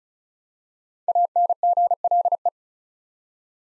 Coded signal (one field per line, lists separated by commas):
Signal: Morse code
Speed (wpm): 36 wpm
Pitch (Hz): 700 Hz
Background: none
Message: ANGLE